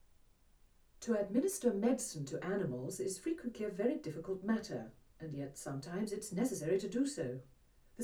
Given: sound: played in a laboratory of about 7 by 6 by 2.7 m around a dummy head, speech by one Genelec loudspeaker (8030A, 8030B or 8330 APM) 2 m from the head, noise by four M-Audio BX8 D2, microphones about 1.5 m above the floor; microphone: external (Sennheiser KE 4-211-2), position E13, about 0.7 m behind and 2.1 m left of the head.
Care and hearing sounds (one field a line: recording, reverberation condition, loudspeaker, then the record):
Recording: female speech in English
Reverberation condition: low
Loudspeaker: in front (0 degrees)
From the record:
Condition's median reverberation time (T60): about 310 ms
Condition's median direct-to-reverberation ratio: about 3.5 dB